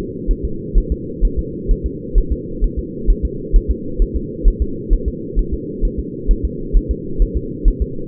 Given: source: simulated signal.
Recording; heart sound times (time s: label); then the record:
fetal heart sounds
0.31 s: S1
0.45 s: S2
0.78 s: S1
0.92 s: S2
1.25 s: S1
1.39 s: S2
1.71 s: S1
1.86 s: S2
2.18 s: S1
2.32 s: S2
2.64 s: S1
2.79 s: S2
3.10 s: S1
3.25 s: S2
3.56 s: S1
3.71 s: S2
4.02 s: S1
4.16 s: S2
4.48 s: S1
4.62 s: S2
4.93 s: S1
5.08 s: S2
5.39 s: S1
5.54 s: S2
5.85 s: S1
6.00 s: S2
6.31 s: S1
6.45 s: S2
6.77 s: S1
6.91 s: S2
7.22 s: S1
7.37 s: S2
7.68 s: S1
7.82 s: S2
From the record:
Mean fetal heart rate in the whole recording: 130 bpm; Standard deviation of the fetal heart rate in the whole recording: 2 bpm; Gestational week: 38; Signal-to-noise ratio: -4.3 dB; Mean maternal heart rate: 72 bpm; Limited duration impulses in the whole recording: absent